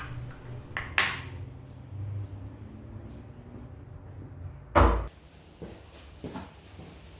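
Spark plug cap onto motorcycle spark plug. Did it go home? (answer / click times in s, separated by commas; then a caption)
yes / 1.0 s. A rubber HT lead cap is pushed down onto the top of a 125 motorcycle's spark plug terminal. A short scuff comes first, then a sharp click at 1.0 s as the cap seats in place. A louder broad knock follows around 4.8 s, with faint handling noise after.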